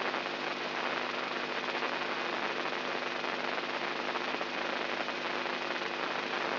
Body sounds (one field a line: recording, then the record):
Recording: brain microelectrode recording played as sound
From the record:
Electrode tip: inside the subthalamic nucleus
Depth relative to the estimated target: -3.5 mm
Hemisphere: right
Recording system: AlphaMap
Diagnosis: Parkinson's disease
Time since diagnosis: 11 years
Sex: male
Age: 67 years